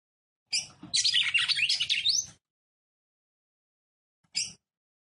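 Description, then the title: Red-cowled cardinal singing a fast, scratchy two-second phrase of high twittering notes, followed after a pause by one short chirp. Female song, described as fiery and nervous, used to excite and fire up male red-cowled cardinals quickly. "CANTO DA FÊ MEA GALO CAMPINA FOGOSA LEVANTA FOGOESQUENTA GALO CAMPINA MACHO RAPIDINHO FÊ MEA NERVOSA"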